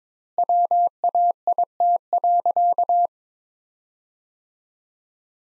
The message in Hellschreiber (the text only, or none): none